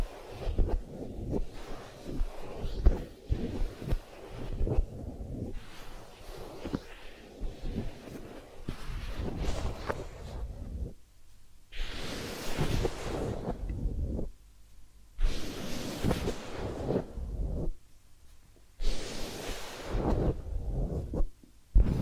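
Massage and ear cleaning sounds: dense, rubbing and brushing strokes fill the first ten seconds, low and busy with quick taps. After that, longer swishing bursts come every two to three seconds, each bright and hissy, separated by brief near-silent gaps.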